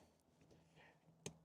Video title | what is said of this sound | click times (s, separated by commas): Fisker Ocean - Reset Limo Mode HVAC Screen | You'll hear it snap when the connector is fully seated. | 1.3 s